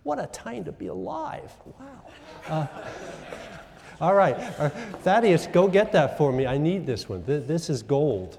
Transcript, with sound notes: What a time to be alive. Wow. [laughter] All right. Thaddeus, go get that for me. I need this one. This is gold.